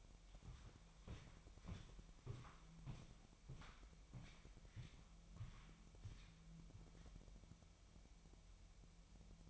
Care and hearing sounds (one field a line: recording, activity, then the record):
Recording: daily activity, microphone in the room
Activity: walk to room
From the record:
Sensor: 1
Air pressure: 1002.0 hPa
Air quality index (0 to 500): 248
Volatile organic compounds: 53 ppm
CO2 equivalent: 3332 ppm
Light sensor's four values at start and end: 8/20/8/9 and 9/21/8/10